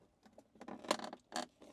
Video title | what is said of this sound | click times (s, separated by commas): Grenadier USA CNC Cupholder Installation | snaps into place take your factory trim piece and | 0.9 s, 1.4 s